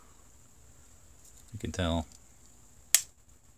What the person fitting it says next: that really pops into place